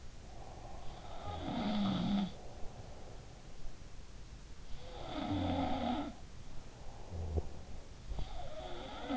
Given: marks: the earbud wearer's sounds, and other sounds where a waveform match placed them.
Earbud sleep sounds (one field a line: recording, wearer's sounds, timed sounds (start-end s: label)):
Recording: sounds in sleep by an in-ear microphone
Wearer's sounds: breath, snoring breath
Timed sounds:
0.00-3.09 s: breath
1.07-3.57 s: sound from someone else or the room
4.64-6.37 s: sound from someone else or the room
6.73-8.22 s: snoring breath
7.86-9.17 s: sound from someone else or the room